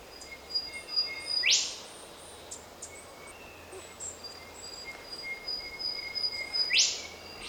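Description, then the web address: Bird calls: two quick upward-sweeping whistles about five seconds apart, with faint sustained high tones and soft hiss between them. Bird recorded in Australia; species unidentified; a sequence of calls. "Sound Effects-Foundation 1 BIRD AUSTRALIAN UNKNOWN SEQUENCE"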